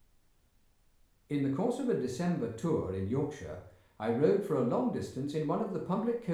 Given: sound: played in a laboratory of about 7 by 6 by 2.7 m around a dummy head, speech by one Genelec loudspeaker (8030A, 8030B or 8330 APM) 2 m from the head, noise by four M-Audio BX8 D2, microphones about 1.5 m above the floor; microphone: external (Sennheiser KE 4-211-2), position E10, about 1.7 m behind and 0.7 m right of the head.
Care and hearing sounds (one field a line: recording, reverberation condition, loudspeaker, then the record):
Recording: male speech in English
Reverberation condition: medium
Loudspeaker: 120 degrees to the right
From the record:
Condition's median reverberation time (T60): about 510 ms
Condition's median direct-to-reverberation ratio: about -0.5 dB